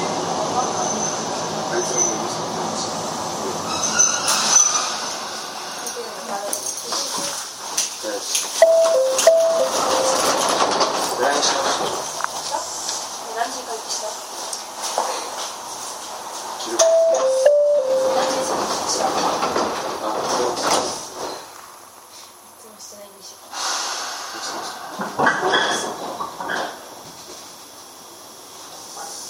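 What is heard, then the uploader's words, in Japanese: A ride on a Chichibu Railway 7500 series train between Hanyu and Kumagaya, with steady rumbling running noise and voices talking throughout. Short two-note tones sound near 9 and 17 seconds, and the noise dips quieter around 20 to 23 seconds. 秩父鉄道7500系 羽生ー熊谷。秩父鉄道本線 羽生→熊谷の区間で録音。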